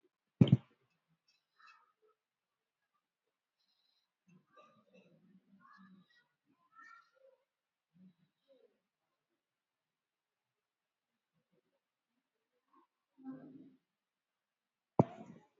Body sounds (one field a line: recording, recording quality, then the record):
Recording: deep breathing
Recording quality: moderate, slight background noise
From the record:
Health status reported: COVID-19 positive, moderate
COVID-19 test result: positive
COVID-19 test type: RT-PCR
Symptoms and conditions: cough, fever, muscle pain, loss of smell and taste, hypertension, diabetes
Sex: female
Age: 54 years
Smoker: no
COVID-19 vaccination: both doses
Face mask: worn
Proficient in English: yes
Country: India